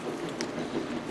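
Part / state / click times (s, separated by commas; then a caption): plastic retaining clip on a wiper blade adapter / released / 0.4 s. The small plastic retaining clip on a windshield wiper blade adapter for a Chevy S10 Hot Wheels truck is flipped open so the blade can be hooked onto the wiper arm. One sharp snap is heard at 0.4 s over a steady background hiss, and the clip is released open.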